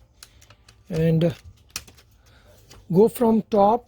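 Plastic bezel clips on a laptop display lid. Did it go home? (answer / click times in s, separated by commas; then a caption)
released / 0.2 s, 0.7 s. A thin pry tool is worked along the plastic bezel of an HP 15-DW Series touch-screen laptop's 40-inch LCD display lid, releasing the snap clips one by one. Sharp clicks are heard at 0.2 s and 0.7 s as the clips snap loose, with further faint ticks between, while someone talks.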